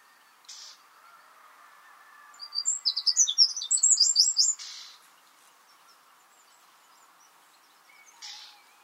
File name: Troglodytes troglodytes